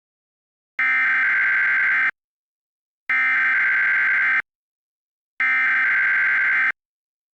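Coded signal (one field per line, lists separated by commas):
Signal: Emergency Alert System (SAME) tones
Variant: header bursts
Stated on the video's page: Fictional alternate-history EAS scenario, not a real alert.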